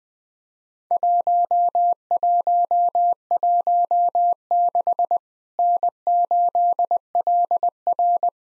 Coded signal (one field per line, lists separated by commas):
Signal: Morse code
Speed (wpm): 20 wpm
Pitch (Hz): 700 Hz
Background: none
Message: 1116 N8LR